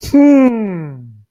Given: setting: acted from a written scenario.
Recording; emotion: vocal sound without words; realization